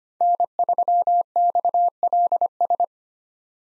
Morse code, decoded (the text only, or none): N3XLS